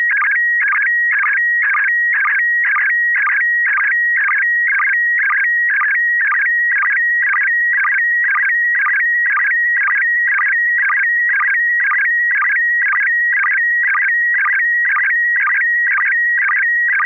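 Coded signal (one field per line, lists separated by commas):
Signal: SSTV (slow-scan television)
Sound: warbling tone around 1.9 kHz, rhythmically interrupted by chirpy bursts about twice a second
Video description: River City ARCS SSTV Net 9 pm Wednesdays Pacific Time on N6NA FM repeater 441.30 MHz, Sacramento, CA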